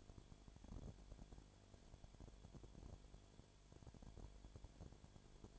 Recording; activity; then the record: daily activity, microphone in the room; no activity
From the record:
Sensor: 5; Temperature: 19.9 degrees Celsius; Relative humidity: 37.1%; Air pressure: 1007.4 hPa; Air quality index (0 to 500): 84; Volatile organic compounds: 1 ppm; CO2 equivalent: 957 ppm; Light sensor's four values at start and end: 2/3/1/1 and 2/3/1/1